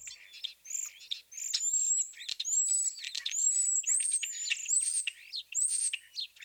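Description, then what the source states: European Starling song: dense jumble of high squeaky squeals, slurred whistles and clicking notes in uneven bursts. Several starlings giving typical complex vocalizations: high-pitched squeaky squeals, wolf whistles, garbled clucks and clicks; wolf whistle notes aid recognition; talented mimic.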